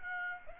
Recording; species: mosquito wingbeat signal from an infrared sensor; Aedes aegypti